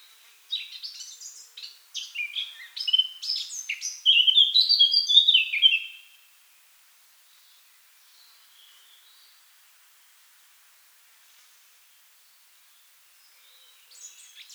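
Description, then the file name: Eurasian blackcap song: a high, varied warbling phrase of about five seconds that grows louder and ends in clear fluting notes, then near silence with faint notes. "Sylvia atricapilla"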